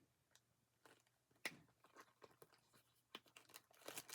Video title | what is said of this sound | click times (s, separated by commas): OCT 9, 2024 - Temu Haul!! #temuunboxing #temureview #temufinds @temu @paireyewear #giveaway | Okay, so it does snap into place. | 1.5 s